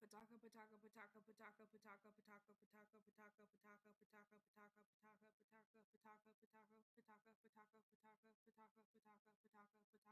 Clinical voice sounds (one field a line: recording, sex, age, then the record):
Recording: repeated syllables /pa ta ka/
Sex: female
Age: 20 to 29 years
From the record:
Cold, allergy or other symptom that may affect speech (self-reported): no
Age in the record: 23 years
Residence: Indiana, United States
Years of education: 13